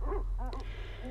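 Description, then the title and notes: Common murre calls: a quick run of low, arching harmonic notes, then softer overlapping calls and a brief rising note over a low background rumble. "Viikon luontoääni: Etelänkiisla."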